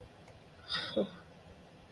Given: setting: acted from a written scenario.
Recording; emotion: vocal sound without words; contempt